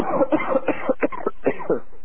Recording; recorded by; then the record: voluntary cough; telephone call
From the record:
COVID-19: positive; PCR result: self-reported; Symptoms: yes